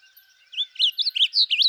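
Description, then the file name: Blue grosbeak song: a quick, jumbled warble of squeaky notes that rise and fall, starting softly and growing louder toward the end. "Blue Grosbeak Passerina caerulea"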